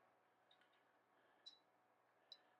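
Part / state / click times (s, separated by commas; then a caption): bicycle crank arm safety locking tab into the crank spindle / not seated / none. On a Canyon Ultimate CF SL road bike, after the crank preload cap is tightened until snug, a finger pushes down on the crank arm's plastic/metal safety locking tab so its pin can drop into the hole in the crank spindle. Only a few faint ticks are heard over a quiet background, the sharpest near 2.3 seconds. The tab has not snapped or seated yet and needs another quarter turn.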